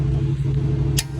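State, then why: Torque reached. A click-type torque wrench set to 73 foot-pounds tightens the mounting bolt of a driver side rear shock on an M3, under a steady low hum. A short, sharp, bright click sounds at 1.0 s as the wrench breaks over, confirming the bolt has reached 73 foot-pounds.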